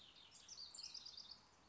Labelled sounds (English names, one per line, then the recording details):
House Wren
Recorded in Sonoma County, California